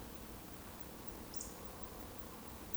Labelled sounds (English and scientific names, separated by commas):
Eurasian Woodcock (Scolopax rusticola) whistle